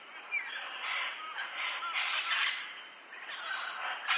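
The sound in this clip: Parrots calling, a steady stream of harsh squawks and chatter.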